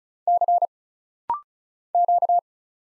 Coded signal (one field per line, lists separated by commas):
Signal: Morse code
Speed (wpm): 33 wpm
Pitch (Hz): 700 Hz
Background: none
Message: C Q